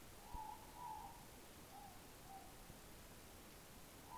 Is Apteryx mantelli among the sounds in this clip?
no